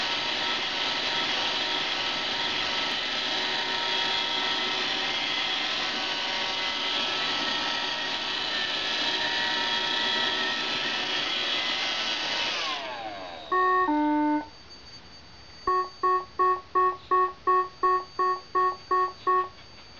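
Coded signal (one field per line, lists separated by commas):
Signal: beep code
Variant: Roomba 530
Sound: whirring motor stops, one longer beep, then 11 quick evenly spaced beeps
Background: robot vacuum motor noise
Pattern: 11 short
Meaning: Eleven beeps signal an undocumented Roomba error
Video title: Roomba 530 The Undocumented 11 Beeps Error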